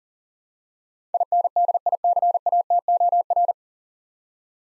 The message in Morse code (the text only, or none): INDICATOR